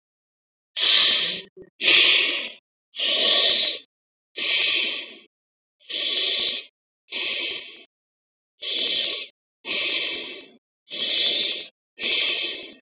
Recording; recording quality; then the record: deep breathing; excellent, no background noise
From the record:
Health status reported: exposed to COVID-19, no respiratory illness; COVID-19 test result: negative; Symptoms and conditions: loss of smell and taste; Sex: female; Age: 30 years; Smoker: not ticked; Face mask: not worn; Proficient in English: yes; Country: India